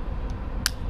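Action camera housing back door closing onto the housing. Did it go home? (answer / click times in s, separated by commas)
yes / 0.7 s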